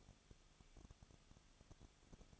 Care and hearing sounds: daily activity, microphone in the room; no activity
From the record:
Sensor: 4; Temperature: 23.1 degrees Celsius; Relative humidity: 34.1%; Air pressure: 1007.2 hPa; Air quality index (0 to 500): 214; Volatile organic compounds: 14 ppm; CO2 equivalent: 2470 ppm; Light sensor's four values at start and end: 2/3/1/1 and 2/3/1/1

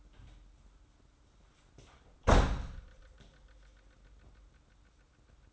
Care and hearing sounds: daily activity, microphone in the room; close door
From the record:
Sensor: 3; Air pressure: 994.3 hPa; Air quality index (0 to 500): 204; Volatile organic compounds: 1000 ppm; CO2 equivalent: 6820 ppm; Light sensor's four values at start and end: 120/285/117/111 and 118/280/115/109

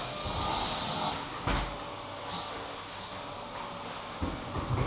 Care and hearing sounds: daily activity, microphone in the room; vacuum cleaning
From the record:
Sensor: 1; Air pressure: 995.3 hPa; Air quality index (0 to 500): 25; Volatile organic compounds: 1 ppm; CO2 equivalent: 508 ppm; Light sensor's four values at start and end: 17/56/20/22 and 17/57/21/23

